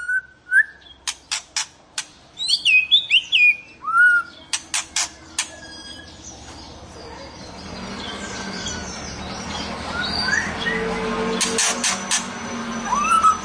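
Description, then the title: White-rumped shama song in the first five seconds: clicks and bright whistled slurs, followed by a long stretch of broad rushing noise with faint notes. "Kicau Murai Batu"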